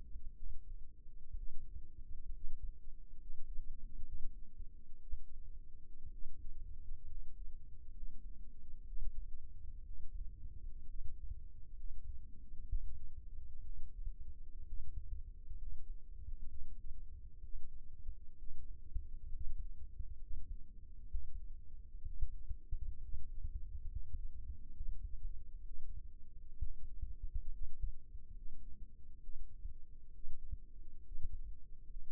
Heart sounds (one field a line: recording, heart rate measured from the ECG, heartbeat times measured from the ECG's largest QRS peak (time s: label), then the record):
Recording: heart sounds by microphone in the right ear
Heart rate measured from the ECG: 65 bpm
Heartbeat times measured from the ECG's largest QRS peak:
0.34 s: heartbeat
1.34 s: heartbeat
2.32 s: heartbeat
3.17 s: heartbeat
4.03 s: heartbeat
5.00 s: heartbeat
6.10 s: heartbeat
7.06 s: heartbeat
7.93 s: heartbeat
8.84 s: heartbeat
9.83 s: heartbeat
10.85 s: heartbeat
11.75 s: heartbeat
12.65 s: heartbeat
13.61 s: heartbeat
14.65 s: heartbeat
15.57 s: heartbeat
16.46 s: heartbeat
17.40 s: heartbeat
18.35 s: heartbeat
19.31 s: heartbeat
20.18 s: heartbeat
21.08 s: heartbeat
22.02 s: heartbeat
22.99 s: heartbeat
23.86 s: heartbeat
24.72 s: heartbeat
25.63 s: heartbeat
26.58 s: heartbeat
27.49 s: heartbeat
28.32 s: heartbeat
29.20 s: heartbeat
30.11 s: heartbeat
31.02 s: heartbeat
31.86 s: heartbeat
From the record:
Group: healthy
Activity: rest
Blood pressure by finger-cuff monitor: 67/47 mmHg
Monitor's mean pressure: 56 mmHg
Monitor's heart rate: 66 bpm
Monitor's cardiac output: 5.5 L/min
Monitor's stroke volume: 86 mL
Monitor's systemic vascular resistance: 690 dyn s/cm5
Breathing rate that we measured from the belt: 15 breaths a minute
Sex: male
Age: 22 years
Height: 181 cm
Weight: 79 kg